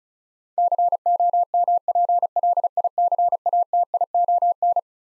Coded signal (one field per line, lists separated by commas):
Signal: Morse code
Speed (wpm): 36 wpm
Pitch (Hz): 700 Hz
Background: none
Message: COMPLICATION